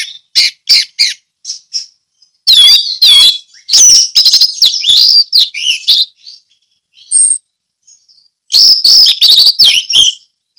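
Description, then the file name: Orange-headed thrush singing in loud, high chattering bursts separated by short silences, mixing clipped notes with a few thin whistles. Ngeplong song style. "anis merah ngeplong"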